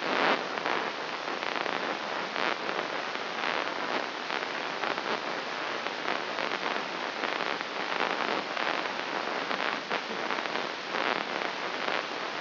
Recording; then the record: brain microelectrode recording played as sound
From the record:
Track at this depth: inside the subthalamic nucleus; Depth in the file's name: 4.518 mm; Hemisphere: left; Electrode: 3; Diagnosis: Parkinson's disease